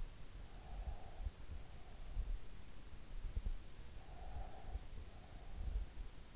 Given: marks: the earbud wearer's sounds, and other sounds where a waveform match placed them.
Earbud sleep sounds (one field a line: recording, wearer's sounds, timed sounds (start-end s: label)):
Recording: sounds in sleep by an in-ear microphone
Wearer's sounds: breath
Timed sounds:
0.16-1.26 s: breath
3.57-5.01 s: breath